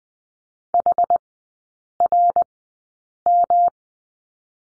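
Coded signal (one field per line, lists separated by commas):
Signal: Morse code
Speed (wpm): 20 wpm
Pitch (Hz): 700 Hz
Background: none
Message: HRM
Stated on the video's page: Morse code course lesson drilling the letter W in three-character groups at Farnsworth 20/10 wpm.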